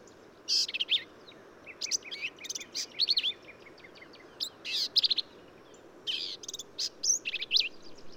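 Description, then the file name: Black-capped vireo song of busy, high chattering and squeaky phrases, with a row of soft ticking notes between, fairly dense throughout against low hiss. "Black-capped Vireo"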